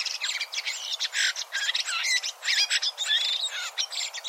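Bird giving busy, high-pitched chirps and twittering notes in quick succession, with brief thin whistles mixed in, continuous throughout.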